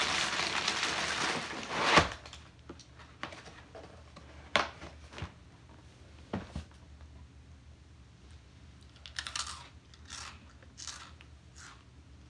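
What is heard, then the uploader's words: A crunchy snack being eaten: a dense, loud crackle in the first two seconds ends in a sharp bite. Scattered crisp crunches follow every second or so, then softer, brighter chewing bursts near the end over a quiet background. ASMR Radio- A crunchy snack.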